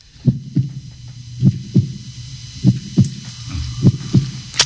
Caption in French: Le premier son qu'on a tous entendu. C'est la première chose qu'on entend, les battements du cœur de sa mère.